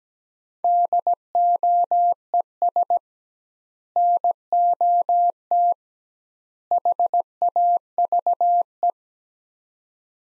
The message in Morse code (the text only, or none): DOES NOT HAVE